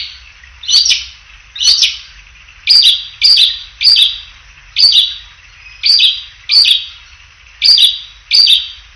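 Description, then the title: Prinia song of sharp, high chirps, often paired in quick doublets, repeated around eleven times at a brisk, somewhat uneven pace. Male, singing. "prenjk gnung. Suara Kicau Burung Prenjak jantan"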